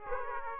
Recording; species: mosquito wingbeat signal from an infrared sensor; Aedes aegypti